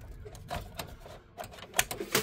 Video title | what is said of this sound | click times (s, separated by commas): PCIe 5 Gaming Graphics Card - Aorus RTX 5060 ELITE 8G Halo RGB | and it will click in | 1.8 s